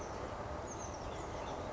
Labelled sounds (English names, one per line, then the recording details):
Oak Titmouse
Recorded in Sonoma County, California